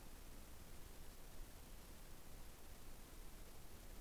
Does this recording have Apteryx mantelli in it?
no